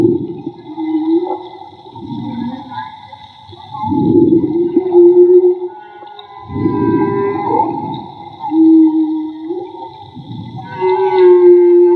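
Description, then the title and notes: Whale song with long moaning tones and rumbling phrases returning every few seconds, higher tones layered above. Whale song recorded underwater with a handmade Magma hydrophone during marine soundscape field recording, Gulf of Tribugá. "CANTO DE BALLENAS CON UN HIDROFONO MAGMA. Limpeza de sonido: Santiago Minotas. Construcción de Hidrofonos y grabación de Campo Jorge Barco. registro del canto de las ballenas. Radio Juntanza"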